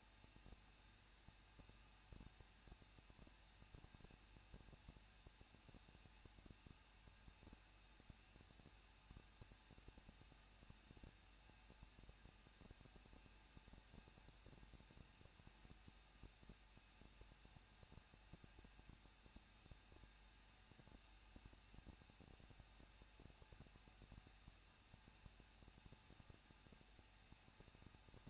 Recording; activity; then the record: daily activity, microphone in the room; no activity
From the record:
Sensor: 2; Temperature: 21.0 degrees Celsius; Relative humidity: 37.3%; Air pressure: 1006.2 hPa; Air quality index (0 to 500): 222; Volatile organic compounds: 24 ppm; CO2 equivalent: 2810 ppm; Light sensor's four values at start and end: 2/3/2/2 and 2/3/2/2